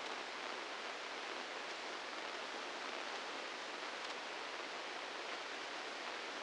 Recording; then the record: brain microelectrode recording played as sound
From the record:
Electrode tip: inside the subthalamic nucleus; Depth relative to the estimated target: -3 mm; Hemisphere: right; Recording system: NeuroSet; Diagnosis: Parkinson's disease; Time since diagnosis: 15 years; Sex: female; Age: 59 years